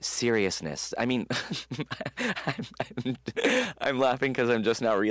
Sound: laughter